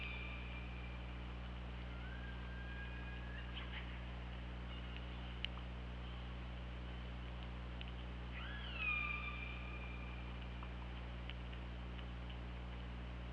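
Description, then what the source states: Killer whale calls: a rising then level whistle-like tone near two seconds, and later a sharp downswept call with layered harmonics, over steady low underwater hum. OrcaLab hydrophone, 24 August 2017, 21:26.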